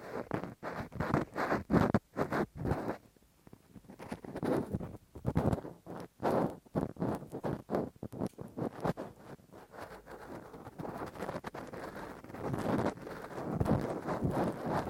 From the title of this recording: Intense Rough Deep Ear Cleaning w Q-tip, Ear Pick